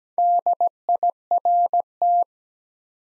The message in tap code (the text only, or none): none